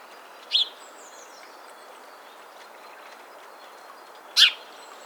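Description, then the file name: House sparrow chirps: two short, loud single chirps about four seconds apart over a faint hiss. "Passer domesticus"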